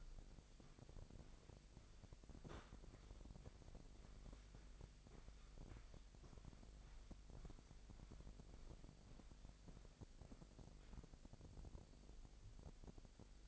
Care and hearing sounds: daily activity, microphone in the room; walk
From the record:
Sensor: 5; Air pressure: 1001.7 hPa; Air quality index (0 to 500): 182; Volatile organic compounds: 12 ppm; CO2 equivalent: 2344 ppm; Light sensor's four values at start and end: 30/101/38/41 and 30/101/38/40

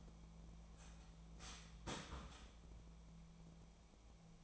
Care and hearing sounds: daily activity, microphone in the room; start toaster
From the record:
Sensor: 1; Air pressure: 1000.3 hPa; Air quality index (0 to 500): 156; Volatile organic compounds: 3 ppm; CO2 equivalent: 1465 ppm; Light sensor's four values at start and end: 30/75/31/38 and 30/75/31/38

